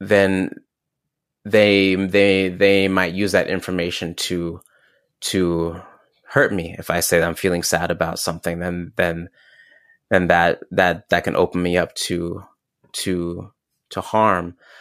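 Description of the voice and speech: A low-pitched adult male voice speaks in halting phrases, repeating whole words several times ("they, they, they", "then, then, then", "the, the, the"), stretching sounds and stopping in silent blocks before words. This is developmental stuttering, an inherited genetic trait, with repetitions, prolongations and blocks.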